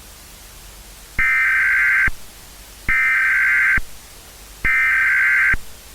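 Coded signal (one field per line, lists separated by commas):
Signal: Emergency Alert System (SAME) tones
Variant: header bursts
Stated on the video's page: Homemade fictional alert made for fun, using valid EAS tones.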